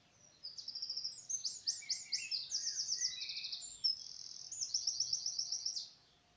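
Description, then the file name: Eurasian wren song, a fast ringing torrent of high trills and buzzy rattles lasting over five seconds, with softer lower notes. "Troglodytes troglodytes"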